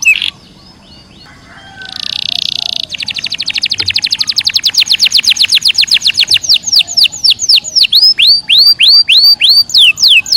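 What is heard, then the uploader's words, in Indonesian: A canary sings energetically, opening with a few scattered high notes and a brief buzzy burst. From about three seconds a fast, even trill of rapid repeated notes runs on, then slows into loud, sweeping downward whistles toward the end. KENARI GACOR DOR BIKIN EMOSI. Kenari Panda.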